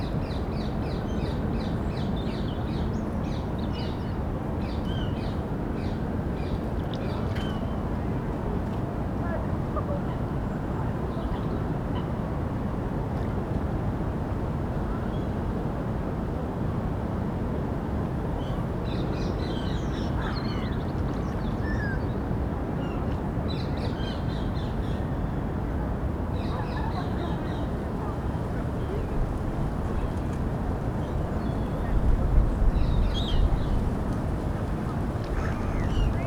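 Birds call and chatter over a steady low rumble of city traffic, with crow-like caws and bursts of chirping coming and going throughout.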